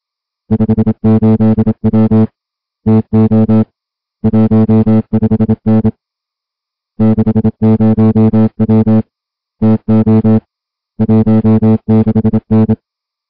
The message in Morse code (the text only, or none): 58W TO 15N 60W TO 16N